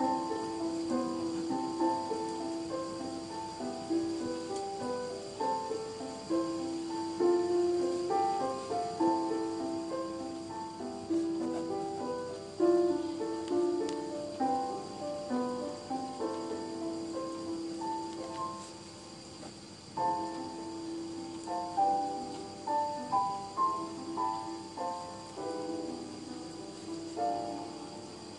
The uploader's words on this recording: Piano edition with rain first then forest sounds(No pencil asmr).